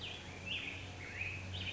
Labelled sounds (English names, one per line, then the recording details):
Black-headed Grosbeak
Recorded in Sonoma County, California